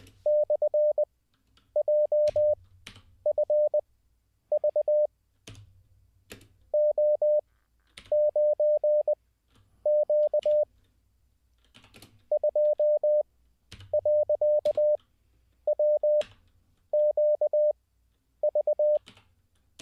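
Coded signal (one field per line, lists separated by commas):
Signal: Morse code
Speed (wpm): 20 wpm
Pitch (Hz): 600 Hz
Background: none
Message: /JFV O9Q 2.WQV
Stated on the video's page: Morse code learning practice, streamed live as a daily session.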